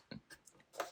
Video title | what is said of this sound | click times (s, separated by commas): AOC 27" 4K LCD Monitor U2790PQU Unboxing | it's nice and secure so now it's actually all locked into place | 0.8 s